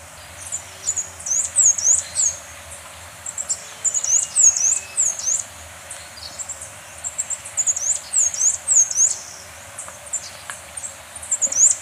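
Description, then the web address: Capped Conebill: high, thin, rising squeaky notes repeated at a quick, somewhat uneven pace. Recorded in Ecuador. "Natures Songs S America Birds of Ecuador 607 Capped Conebill"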